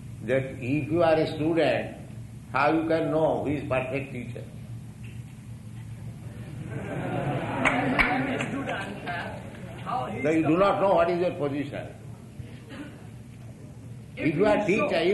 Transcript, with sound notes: that if you are a student, how you can know who is perfect teacher? [laughter] So you do not know what is your position. If you are teacher...